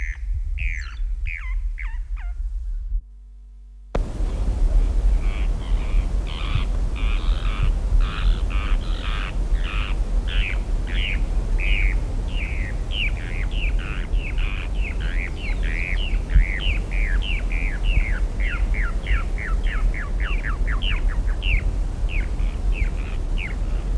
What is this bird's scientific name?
Pseudoseisura lophotes